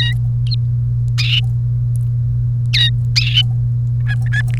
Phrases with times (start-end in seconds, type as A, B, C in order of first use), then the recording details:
2.73-2.90 A, 4.01-4.42 B, 4.50-4.58 C. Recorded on 30 April 2018 at 16:47. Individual llb3